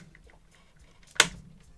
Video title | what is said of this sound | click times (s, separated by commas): Transformers Power of the Primes Predaking Part 8 of 8: DNA DK-07 Upgrade Kit [FINALE!] | kind of a twist and a wiggle until you hear a snap and it's on | 1.2 s